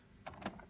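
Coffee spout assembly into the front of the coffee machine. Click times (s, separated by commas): 0.5 s, 0.6 s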